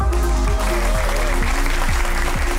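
An audience in Café de Troubadour in Hardenberg claps steadily and loudly for a few seconds at a live election café radio broadcast, a dense patter of many hands, with a low rhythmic musical pulse thumping underneath.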